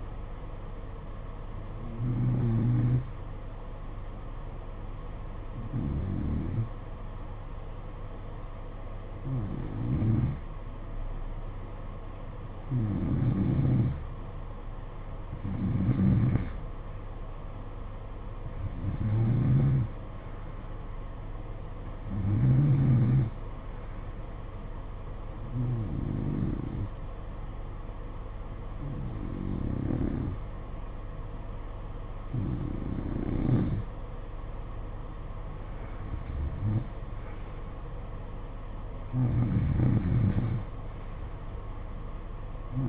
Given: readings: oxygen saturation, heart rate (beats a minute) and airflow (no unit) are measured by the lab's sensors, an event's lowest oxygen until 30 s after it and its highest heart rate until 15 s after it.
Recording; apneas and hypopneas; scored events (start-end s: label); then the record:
breathing in sleep by a smartphone at the bedside; 1
6.00-33.20 s: hypopnea (N2, oxygen 93% highest, then 89% lowest, heart rate 54 at the start, 62 highest)
From the record:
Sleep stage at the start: N2 (light sleep); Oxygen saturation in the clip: 90 to 93%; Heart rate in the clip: 53 to 59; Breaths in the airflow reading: 12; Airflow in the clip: -9.6 to 8.3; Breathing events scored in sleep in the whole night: 476 in 9.7 hours asleep